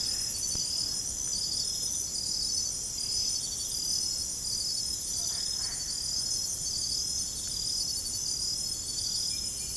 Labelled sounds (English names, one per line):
none